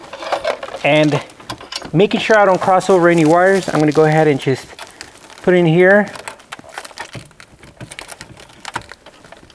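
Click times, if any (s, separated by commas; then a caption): 8.8 s. Someone talks while an antenna cable plug is pushed into the antenna socket on the back of a new single-DIN radio in an R33 Nissan Skyline, with crinkling handling noise and small taps around it. The plug seats with a small click at 8.8 seconds.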